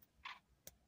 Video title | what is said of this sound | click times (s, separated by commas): ICED OUT 6MM CUBAN LINK BRACELET AFTER 5 MONTHS HARLEM BLING | snap that in on that side | 0.7 s